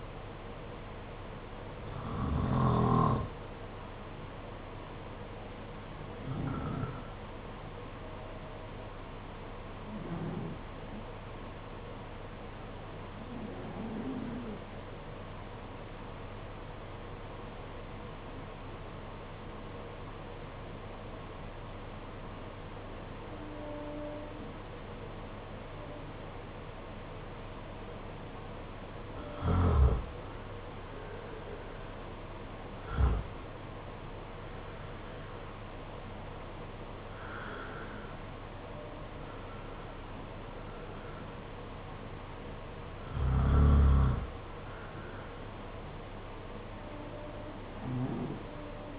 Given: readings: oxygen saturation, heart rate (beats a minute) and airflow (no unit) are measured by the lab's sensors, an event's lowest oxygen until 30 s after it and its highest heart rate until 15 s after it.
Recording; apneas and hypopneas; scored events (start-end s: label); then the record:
breathing in sleep by a voice recorder at the bedside; 1
16.00-29.90 s: obstructive apnea (N2, oxygen 95% highest, then 86% lowest, heart rate 53 at the start, 61 highest)
From the record:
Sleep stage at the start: N2 (light sleep); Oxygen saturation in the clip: 87 to 95%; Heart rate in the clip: 50 to 61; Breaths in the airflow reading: 9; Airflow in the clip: -7.7 to 8.6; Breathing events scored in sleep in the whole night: 476 in 9.7 hours asleep